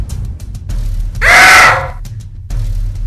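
A woman lets out one sudden, shrill scream lasting under a second, loud and strained, rising above a steady low rumble that continues before and after.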